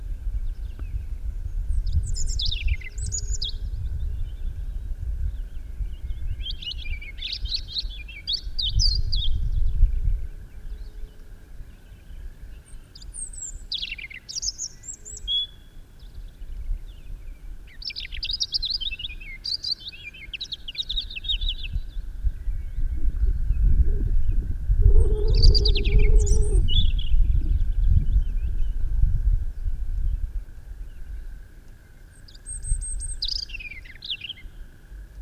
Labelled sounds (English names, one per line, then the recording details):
European Robin song
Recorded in the wild
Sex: male
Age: adult
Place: Röttenbach, Bayern, DE
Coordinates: 49.6633, 10.9539
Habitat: forest
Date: 1962-04-18
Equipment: Stellavox SM 5, Original, Vollspur, hochgestelltes Mikrofon
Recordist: Tretzel, Erwin
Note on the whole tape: Hintere Mark, Rote Marter: Rotkehlchen (Wipfelsänger)